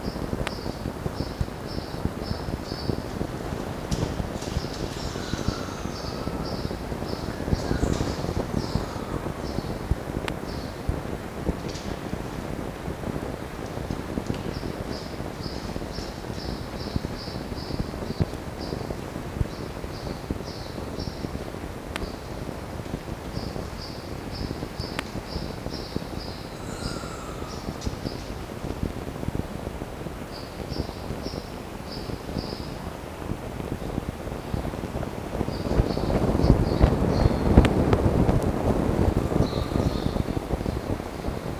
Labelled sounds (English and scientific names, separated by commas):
Red Fox (Vulpes vulpes)